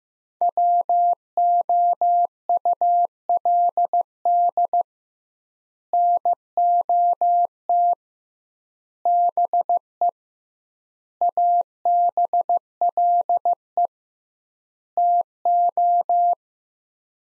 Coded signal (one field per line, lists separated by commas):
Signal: Morse code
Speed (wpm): 15 wpm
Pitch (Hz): 700 Hz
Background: none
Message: WOULD NOT BE ABLE TO